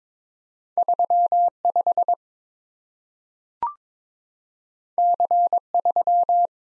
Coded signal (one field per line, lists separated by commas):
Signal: Morse code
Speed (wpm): 22 wpm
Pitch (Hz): 700 Hz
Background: none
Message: 35 C3